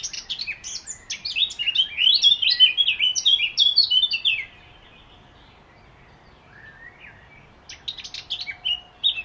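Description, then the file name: Eurasian blackcap song, a brisk warble of bright phrases for about four seconds, then a pause and a softer, choppier burst of notes. "Sylvia atricapilla"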